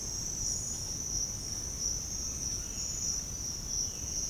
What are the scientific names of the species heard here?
Cyanocorax violaceus